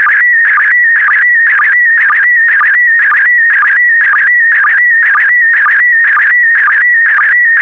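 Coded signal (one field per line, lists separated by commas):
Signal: SSTV (slow-scan television)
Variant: PD120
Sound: warbling tone near 2 kHz with a low chirp pulse about twice a second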